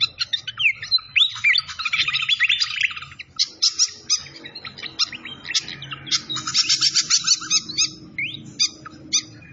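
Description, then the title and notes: Malaysian pied fantail song, a busy jumble of sharp chirps and buzzy twitters over a faint low background rush. Masteran training recording of the fantail's clear voice, locally called sikatan londo, mixed with the sound of flowing water. "Masteran Sikatan Kipas Suara Jernih Dan Suara Gemericik Air. Suara Burung Sikatan Londo"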